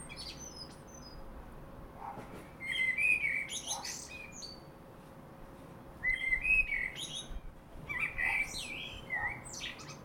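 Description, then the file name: Common blackbird singing two fluting warbled phrases that end in thin high chatter, with quiet pauses around them. "Turdus merula"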